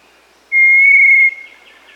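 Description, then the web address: Little tinamou uttering one clear, pure whistle held for under a second, nearly level in pitch, against quiet background hum. Recorded in Peru and Bolivia. "Birds of the Amazon 1. Little Tinamou (Crypturellus soui), Peru, Bolivia"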